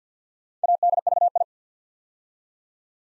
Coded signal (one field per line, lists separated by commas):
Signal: Morse code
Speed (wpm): 48 wpm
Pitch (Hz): 700 Hz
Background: none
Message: ADVI